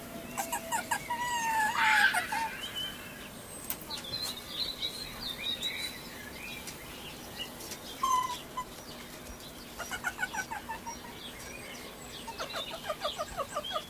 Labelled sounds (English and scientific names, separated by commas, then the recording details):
Sand Fox (Vulpes rueppellii)
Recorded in captivity
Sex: female
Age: adult
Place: Zoo Halle, Sachsen-Anhalt, DE
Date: 1983-04-09 17:41
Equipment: Nagra SN, Kopie Uher 4000 Report Monitor
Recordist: Tembrock, Günter